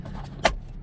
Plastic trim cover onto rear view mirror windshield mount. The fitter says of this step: Hear the snap. There you go.